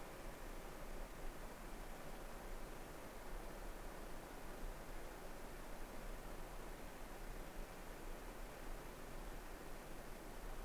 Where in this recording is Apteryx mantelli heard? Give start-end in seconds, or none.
none